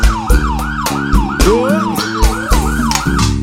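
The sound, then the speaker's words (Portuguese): A rapid, wavering police siren tone rises and falls in quick repeating cycles over a loud, pounding dance song beat with heavy bass thumps and sharp percussion hits. No voices. “Oi, balança a bunda ao som da sirene.”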